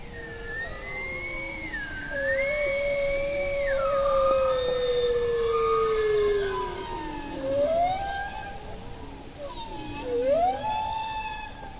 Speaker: Like humpback whales, bowheads sing long, complex songs, but a recent study found that while humpbacks tend to repeat their songs in a fixed structure, bowheads change them up. They improvise.